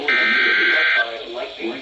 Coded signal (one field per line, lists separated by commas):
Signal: Emergency Alert System (SAME) tones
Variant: header bursts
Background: speech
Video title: 420 - EAS Alerts from 04/20/2023 (EAS #893-940)